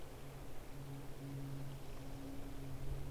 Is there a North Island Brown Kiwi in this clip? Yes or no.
no